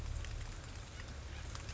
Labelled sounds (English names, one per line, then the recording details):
Acorn Woodpecker
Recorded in Sonoma County, California